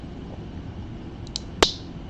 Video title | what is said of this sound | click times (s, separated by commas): How to *fix* a magnetic volt edge | hear that click that's not always a good sound anyway | 1.6 s